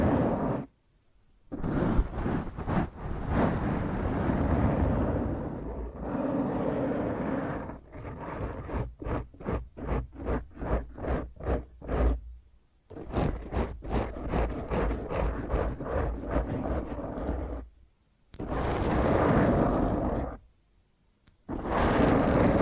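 Rough scratching of fingernails across a microphone, loud and grainy with a heavy low rumble. Long dense scrapes alternate with bursts of quick, rhythmic strokes around 8–12 and 13–17 seconds, broken by brief silent gaps near 1, 13, 18 and 21 seconds.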